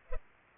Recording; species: mosquito wingbeat signal from an infrared sensor; Culex pipiens